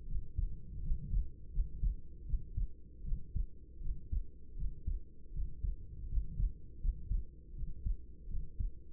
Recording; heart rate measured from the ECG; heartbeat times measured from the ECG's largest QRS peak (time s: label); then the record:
heart sounds by stethoscope; 80 bpm
0.06 s: heartbeat
0.81 s: heartbeat
1.51 s: heartbeat
2.25 s: heartbeat
3.03 s: heartbeat
3.80 s: heartbeat
4.55 s: heartbeat
5.32 s: heartbeat
6.08 s: heartbeat
6.79 s: heartbeat
7.54 s: heartbeat
8.27 s: heartbeat
From the record:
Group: healthy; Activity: rest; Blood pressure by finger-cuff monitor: 114/64 mmHg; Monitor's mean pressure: 80 mmHg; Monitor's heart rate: 79 bpm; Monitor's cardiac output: 7 L/min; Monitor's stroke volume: 87 mL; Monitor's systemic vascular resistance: 850 dyn s/cm5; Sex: female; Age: 26 years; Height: 165 cm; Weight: 55 kg